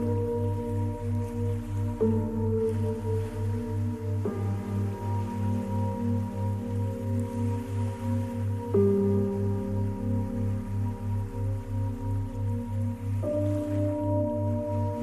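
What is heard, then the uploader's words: Soft, relaxing music of sustained, bell-like chords that shift to new notes about every two to four seconds. Beneath them, a deep low tone pulses steadily, about twice per second, throughout. The level stays even and calm, with no sharp events. Ocean Waves and Relaxing Music.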